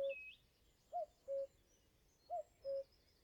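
Cuckoo giving falling two-note cu-koo phrases, with two full calls after a clipped opening note and a thin high bird note at the start.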